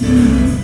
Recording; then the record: squeal of a Yucatan mini pig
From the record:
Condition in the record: after surgery on the right vocal fold (resection and tissue-engineered implant); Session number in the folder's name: 13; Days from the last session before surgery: 113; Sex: female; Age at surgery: 19 weeks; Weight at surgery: 25 kg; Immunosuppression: prednisolone